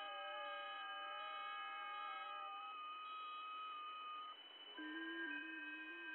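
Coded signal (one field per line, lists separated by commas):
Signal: PSK31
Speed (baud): 31.25 baud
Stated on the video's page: FT8 on the 17 m band at 18.100 MHz, heard by shortwave listening through a WebSDR.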